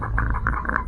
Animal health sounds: poultry house recording; sick chickens (respiratory disease)

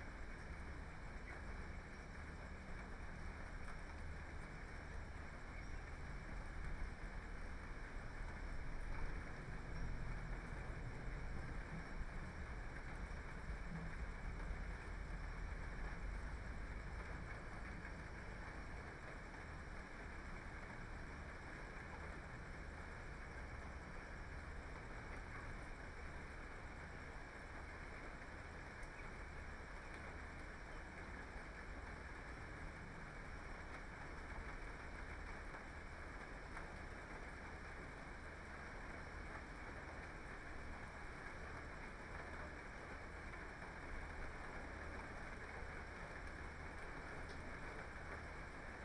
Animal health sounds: poultry house recording; healthy chickens

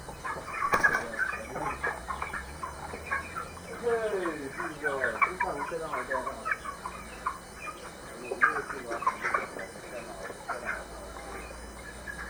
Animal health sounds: poultry house recording; healthy chickens

